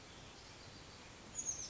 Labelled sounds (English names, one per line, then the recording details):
Oak Titmouse
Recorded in Sonoma County, California